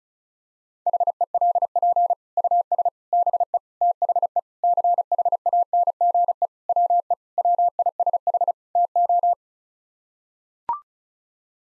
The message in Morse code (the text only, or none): HELP US BE THE CHANGE WE WISH TO